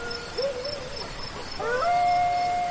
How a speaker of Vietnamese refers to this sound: Đêm ấy chó của cả làng cứ chu lên một hồi mãi không thôi.